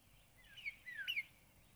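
Northern cardinal song: a few quiet slurred whistles in quick succession, one sliding clearly downward, over a faint steady background hiss.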